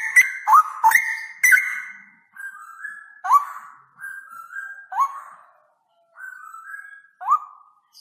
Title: Cucak ROWO Jantan GACOR Suara Lantang ROoo EL Panjang